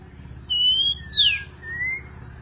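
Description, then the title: Magpie-robin or shama giving a level whistled note, a sharp descending slur, then a soft rising whistle. "Suara Burung Murai"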